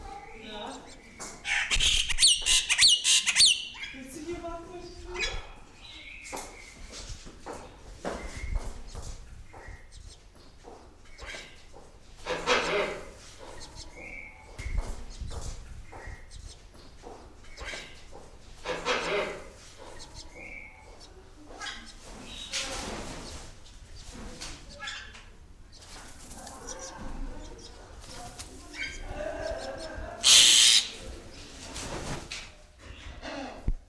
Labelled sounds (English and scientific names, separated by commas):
Black-winged Starling (Acridotheres melanopterus)